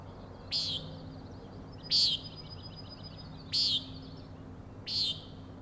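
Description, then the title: Common nighthawk producing four harsh nasal peents at about one and a half second intervals, with a quick stuttering rattle of high notes after the second. Three nighthawks (later one) peenting while flying in very close formation; Overlook, Schoodic Head, Acadia National Park, Winter Harbor, Maine; 16 June 2017, 4am. "Common Nighthawks, Schoodic Head 061617 4am"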